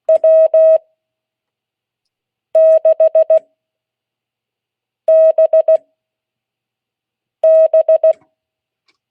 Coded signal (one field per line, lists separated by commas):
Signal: Morse code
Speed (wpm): 16 wpm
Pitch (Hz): 640 Hz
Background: none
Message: W6BB